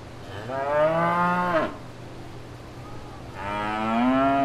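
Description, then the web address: Cow giving two moos, the first swelling then cut off, a quiet gap, then a second moo rising in pitch, with a constant low background hum. Cow at fair grounds with people. "Sound Effects-Blastwave ANIMALS Cow Fair Grounds"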